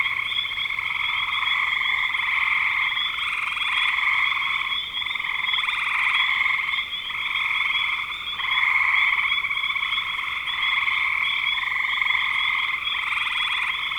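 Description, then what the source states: Frog chorus with rapid, overlapping high trills, a constant shimmering sound that briefly softens a few times before swelling again. Frogs calling in spring 2025.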